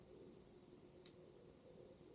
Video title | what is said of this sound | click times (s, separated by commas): DJI MIC 2 Box Opening plus some goodies! | okay so yeah you can pop it and you'll hear it click | 1.1 s